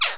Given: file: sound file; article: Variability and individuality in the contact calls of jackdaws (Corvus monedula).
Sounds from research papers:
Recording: jackdaw call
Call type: harmonic

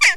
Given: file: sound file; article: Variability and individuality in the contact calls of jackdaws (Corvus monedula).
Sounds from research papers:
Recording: jackdaw call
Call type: harmonic

